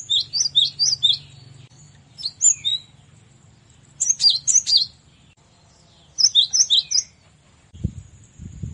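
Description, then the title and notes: Cinereous tit song in four quick bursts of three to five sharp, high, bouncing notes, separated by short pauses, with a low steady hum and a faint thud near the end. Masteran recording, used as training audio for caged songbirds. "Masteran Gelatik Batu. burung gelatik"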